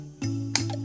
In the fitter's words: You just plug that in until it snaps.